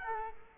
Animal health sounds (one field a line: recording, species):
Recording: mosquito wingbeat signal from an infrared sensor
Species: Culex quinquefasciatus